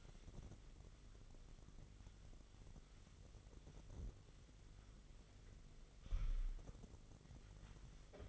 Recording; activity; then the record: daily activity, microphone in the room; wipe stove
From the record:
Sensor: 4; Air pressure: 1004.1 hPa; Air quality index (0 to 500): 158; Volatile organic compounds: 2 ppm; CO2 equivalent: 1127 ppm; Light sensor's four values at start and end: 13/30/12/13 and 13/29/12/13